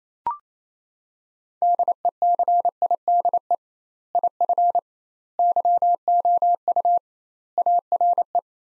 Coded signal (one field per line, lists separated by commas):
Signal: Morse code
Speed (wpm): 28 wpm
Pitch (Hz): 700 Hz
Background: none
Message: DECIDE IF YOU ARE